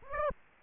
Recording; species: mosquito wingbeat signal from an infrared sensor; Aedes aegypti